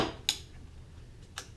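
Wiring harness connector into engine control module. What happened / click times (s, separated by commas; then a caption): The connector snaps into place / 0.3 s. The black wiring harness connector labelled number 4 is pushed into the replacement engine computer (PCM) of a 2005 Dodge Magnum, being swapped to fix pulsing, flickering lights. A sharp snap at 0.3 s marks the connector seating, and a fainter tap follows at 1.4 s over low background noise.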